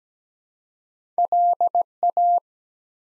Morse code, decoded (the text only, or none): LA